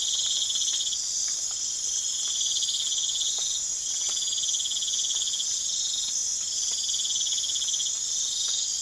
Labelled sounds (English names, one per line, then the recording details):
none
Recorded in pastures near Puerto Asís, Putumayo, Colombia, on 25 June 2025 at 04:30
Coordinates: 0.502, -76.324
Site G010